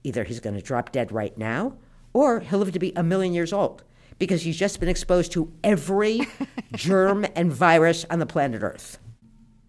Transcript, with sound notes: Either he's going to drop dead right now, or he'll live to be a million years old because he's just been exposed to every...
(Laughter).
...Germ and virus on the planet Earth.